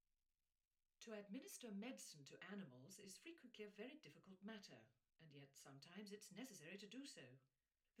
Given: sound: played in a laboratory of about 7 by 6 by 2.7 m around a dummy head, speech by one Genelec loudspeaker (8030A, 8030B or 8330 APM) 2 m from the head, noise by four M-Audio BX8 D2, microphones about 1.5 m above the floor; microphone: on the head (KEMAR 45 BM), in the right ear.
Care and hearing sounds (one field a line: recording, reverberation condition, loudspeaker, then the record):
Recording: female speech in English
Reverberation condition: low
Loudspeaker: in front (0 degrees)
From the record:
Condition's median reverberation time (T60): about 310 ms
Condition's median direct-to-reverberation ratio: about 3.5 dB